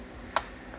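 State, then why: Seated. An optical (TOSLINK) audio cable plug, twisted to find its keyed orientation, is pushed into the optical input of a Samsung HW-R550 soundbar. It gives one sharp, bright click at 0.4 s, followed by a much fainter tick near 0.7 s. The plug is seated in the port.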